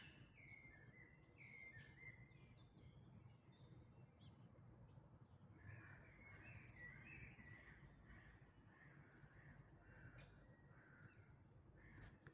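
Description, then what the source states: Birds singing in a dawn chorus, several overlapping songbirds with short whistled and chirping phrases, over a steady low rumble. Dawn chorus in May 2026.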